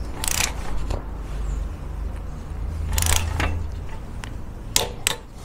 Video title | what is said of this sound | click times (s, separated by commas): SOSTITUZIONE OLIO MOTORE -Come procedere, che olio usare e perchè è importante un olio di qualità. | Perfetto, una volta sentito il tac, il serraggio è stato effettuato. | 4.8 s